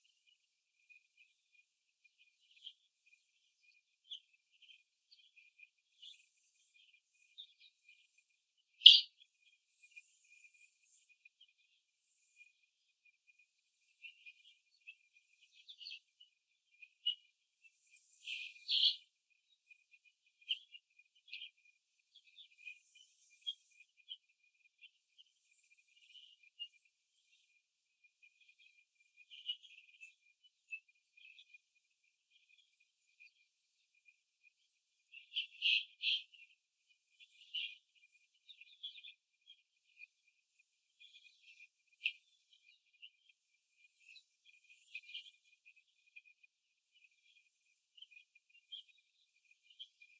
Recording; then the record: young laying hens in a cage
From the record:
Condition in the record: after the stressor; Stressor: simulated dog barking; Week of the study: 2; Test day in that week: 2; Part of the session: 3